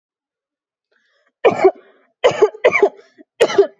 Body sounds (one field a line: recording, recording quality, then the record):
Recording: heavy voluntary cough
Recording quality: excellent, no background noise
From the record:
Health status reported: healthy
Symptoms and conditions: none ticked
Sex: female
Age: 24 years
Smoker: not ticked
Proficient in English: yes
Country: India